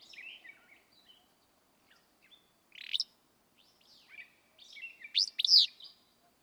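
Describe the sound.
Willow flycatcher singing a quick buzzy note, then a strong sneezy two-part phrase near the end, with soft chips and twitters between.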